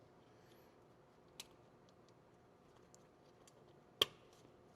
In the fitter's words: the little hook just goes into this groove that's in the side of the castle nut and locks into place so that it can't come back out.